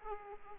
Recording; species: mosquito wingbeat signal from an infrared sensor; Aedes aegypti